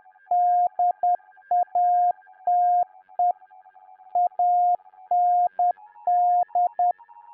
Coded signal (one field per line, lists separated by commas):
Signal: Morse code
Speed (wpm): 10 wpm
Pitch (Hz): 710 Hz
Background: none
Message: DATE AND